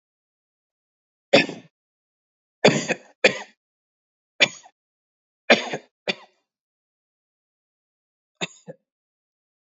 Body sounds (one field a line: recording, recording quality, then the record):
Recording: heavy voluntary cough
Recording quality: excellent, no background noise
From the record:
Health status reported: healthy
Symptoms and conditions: none ticked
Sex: male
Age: 24 years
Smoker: not ticked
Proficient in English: yes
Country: India